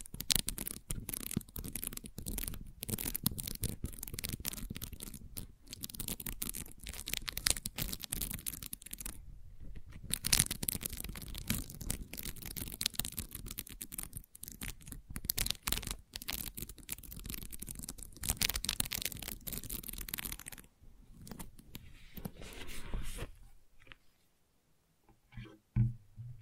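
Gentle scratching goes on almost without pause, a dense run of quick, bright, rasping strokes spread across high and low tones. Brief gaps break it near 5, 9 and 14 seconds, and after about 21 seconds it thins to scattered soft scrapes before fading to near silence.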